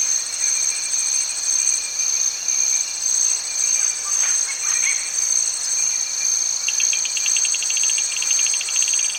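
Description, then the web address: Insects in chorus, a dense high shrill drone with fast pulsing trills, and a rapid ticking series joining near the end. Tropical rain forest atmosphere in Cameroon. "BBC Africa Cameroon. tropical rain forest atmosphere with turaco birds insects and tree frogs"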